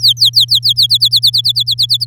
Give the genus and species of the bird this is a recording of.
Serinus canaria